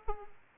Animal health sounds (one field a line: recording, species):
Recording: mosquito wingbeat signal from an infrared sensor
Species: Aedes aegypti